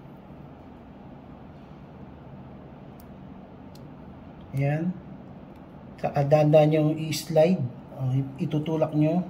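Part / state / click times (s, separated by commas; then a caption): SC fiber connector body aligned to its housing arrow / not seated / none. A fiber optic SC field connector body is lined up with the arrow mark on its housing before it is slid and pushed in. Low steady background noise runs with two faint ticks at about 3.0 and 3.8 seconds, and someone talks from about 4.6 seconds on. Nothing has seated or clicked yet.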